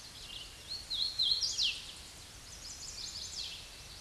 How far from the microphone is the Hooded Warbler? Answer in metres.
about 25 m